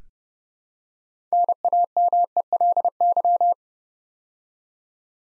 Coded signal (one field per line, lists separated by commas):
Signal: Morse code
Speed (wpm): 29 wpm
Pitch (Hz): 700 Hz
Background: none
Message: NAMELY